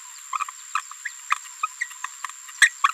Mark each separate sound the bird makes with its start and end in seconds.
0.75-0.77, 1.05-1.08, 1.63-1.67, 1.81-1.84, 2.62-2.68